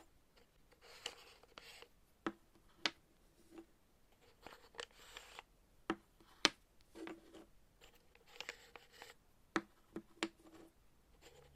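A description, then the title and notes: Chalk being tapped and scratched. Sharp, crisp taps land irregularly every second or so, mixed with short gritty scraping strokes that come in brief bursts, with near silence between them. ASMR Playing With Chalk Asmr Tapping and Scratching No Talking.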